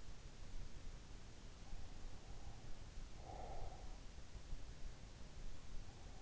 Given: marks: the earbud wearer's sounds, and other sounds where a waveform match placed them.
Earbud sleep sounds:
sounds in sleep by an in-ear microphone; breath
2.93-3.94 s: breath

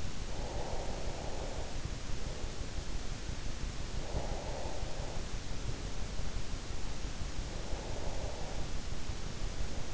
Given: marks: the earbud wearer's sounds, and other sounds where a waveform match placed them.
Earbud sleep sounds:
sounds in sleep by an in-ear microphone; breath
0.00-1.74 s: breath
3.91-5.46 s: breath
7.56-8.88 s: breath

